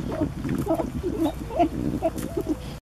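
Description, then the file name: Peccary calls, a rapid series of short squeaky grunts and nasal yelps, about two per second, over low background rumble. "zvuki pekari"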